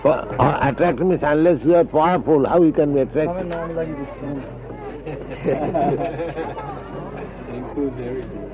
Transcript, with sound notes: Attractive means... Unless you are powerful, how you can be attractive? [laughter]
It includes everything.